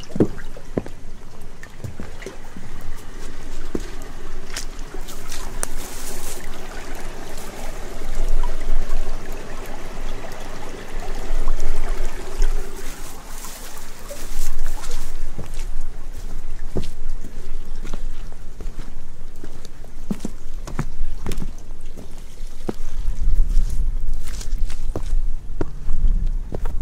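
Footsteps walking through a Viking village, irregular crunching and squelching steps over mud, wood and gravel, with a low rumble rising near the end.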